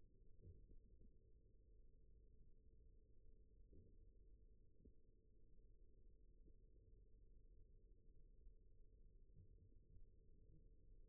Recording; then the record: forearm muscle sounds (acoustic myography)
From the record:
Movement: rest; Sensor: system 1, eight BSWA MPA416 microphones around the upper forearm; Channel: 4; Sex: male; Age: 41 years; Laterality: right